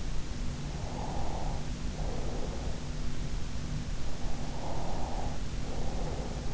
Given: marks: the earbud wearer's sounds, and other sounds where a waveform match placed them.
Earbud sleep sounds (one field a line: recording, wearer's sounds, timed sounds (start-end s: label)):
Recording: sounds in sleep by an in-ear microphone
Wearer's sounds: breath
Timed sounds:
0.72-2.72 s: breath
4.63-6.53 s: breath